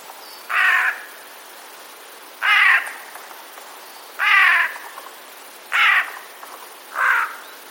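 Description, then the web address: Eurasian jay giving harsh, rasping alarm screeches, five broad noisy calls spaced roughly one to two seconds apart, with a quiet background. Alarm calls, recorded 26 September 2021. "wroblowe ostrzegator sojka 26 09 2021"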